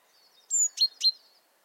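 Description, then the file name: Great tit uttering a single phrase: a high thin whistle, then two sharp lower notes in quick succession, over a faint ticking background. "Parus major"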